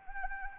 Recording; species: mosquito wingbeat signal from an infrared sensor; Anopheles arabiensis